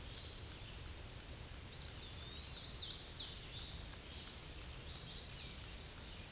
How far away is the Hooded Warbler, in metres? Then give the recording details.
about 60 m. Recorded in a Pennsylvania forest on 18 May 2023 at 06:37. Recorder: AudioMoth, point grid1_14_low. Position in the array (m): 134 m, 115 m